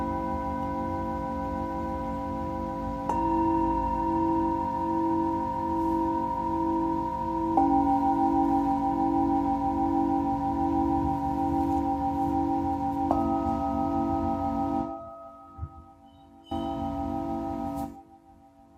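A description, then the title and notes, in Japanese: Singing bowls ring in a long, sustained drone, with new bowls struck at about 3, 7.5 and 13 seconds, each adding a clear pure tone over a low humming base. Near the end the sound thins and briefly drops out before fading. メキシコから シンギングボウルのサウンドヒーリング ライブ。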